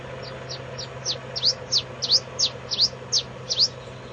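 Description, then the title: Bird song, about a dozen quick high notes, several paired into fast descending-then-rising slurs, delivered evenly over a constant low hum and background hiss. "LuckyPassaro Completos2Sama"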